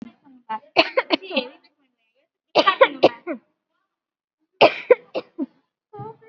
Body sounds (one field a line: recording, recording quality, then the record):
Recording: heavy voluntary cough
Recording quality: moderate, slight background noise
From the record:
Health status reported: exposed to COVID-19, no respiratory illness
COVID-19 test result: negative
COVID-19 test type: RT-PCR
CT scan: not taken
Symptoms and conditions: none ticked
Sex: female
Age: 23 years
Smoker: no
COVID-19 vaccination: one dose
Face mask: worn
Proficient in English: yes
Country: India